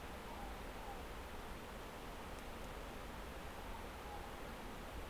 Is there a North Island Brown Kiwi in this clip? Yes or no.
no